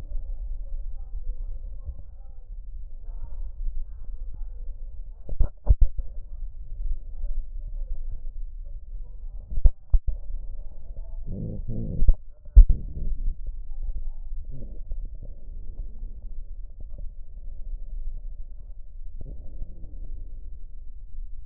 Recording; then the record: lung sounds by stethoscope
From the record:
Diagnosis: chronic bronchitis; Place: left posterior upper chest